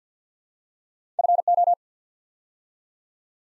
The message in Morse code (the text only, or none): FO